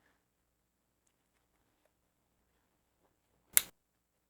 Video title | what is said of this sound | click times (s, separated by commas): Fixing the Godox C100 | Makes a click, you're good. | 3.6 s